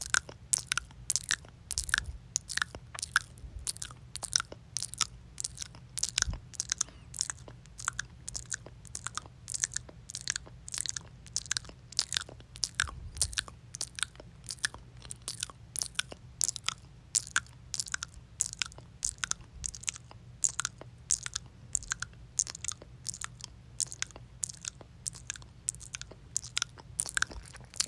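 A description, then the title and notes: Mouth clicks and chewing sounds repeat in a quick, steady rhythm for the whole stretch, each one a sharp, crisp snap with a bright, crunchy edge. A soft, constant low hum sits underneath, with occasional deeper thumps. Mouth Clicking & Chewing Noises. The gentle symphony of mouth clicks and soothing chewing sounds.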